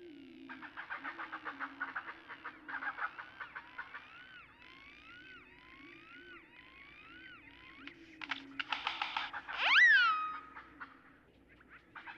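Great-tailed grackle song: rattling chatter, then a run of rising, curved whistles, ending in a loud sharp upsweep, over a steady low hum.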